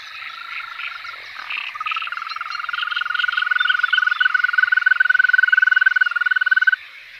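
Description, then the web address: European green toad calling with a long, even, purring trill that swells in loudness for several seconds before stopping, with other frogs faintly chattering behind. "Tajemnice puszczy Ropucvha zielona"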